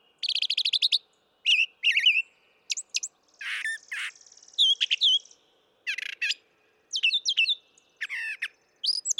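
Brown thrasher song with varied, bright phrases, a rapid chirp series, buzzy bursts and short whistles, spaced by brief silent gaps.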